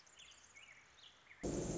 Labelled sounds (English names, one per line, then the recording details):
Pacific Wren
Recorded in Sonoma County, California